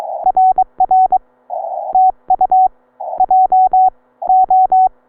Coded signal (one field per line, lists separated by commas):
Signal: Morse code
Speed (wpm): 22 wpm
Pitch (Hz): 750 Hz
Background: none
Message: RR TU JO